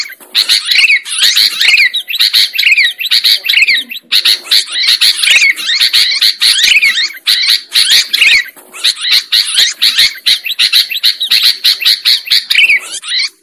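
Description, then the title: Lovebird chatter: steady, hurried high squeaking and twittering throughout, with a few short breaks. Lure recording used to attract birds for trapping. "PIKAT BURUNG LOVEBIRD"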